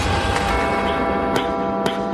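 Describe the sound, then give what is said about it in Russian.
A heavy bell tolls on a veche tower in a town, its deep metallic hum ringing on steadily while two sharp strikes cut through it. Loud and resonant, with no voices. “Когда мы выходили из аптеки, на вечевой башне грянул колокол.”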